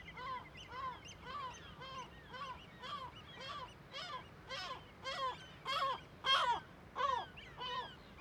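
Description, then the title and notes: Gull alarm calls, harsh barking notes repeated steadily, growing louder toward the end. Large cliff amphitheatre above Viðarlundin woodland, Kunoy, Faroe Islands; gulls alarmed at the recordist's approach; quadraphonic recording, MixPre6II with DPA 4021 and 4022 microphones. "Le Palais des mouettes . Grand Cirque . Kunoy, Îles Féroé. Iles Féroé, KUNOY, nous sommes au dessus la forêt de Viðarlundin í Kunoy, le Cirque est énorme et les mouettes et autres oiseaux se mettent en alerte"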